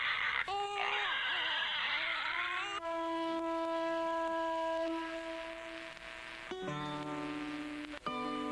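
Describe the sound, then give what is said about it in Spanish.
A baby wails in long, high, sustained cries, first wavering and strained, then holding a steady piercing tone before breaking into a shorter, choppier wail at the end. “¿Qué hago con esta guagua? ¡Cállate!”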